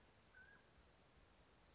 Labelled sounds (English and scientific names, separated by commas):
Mountain Quail (Oreortyx pictus)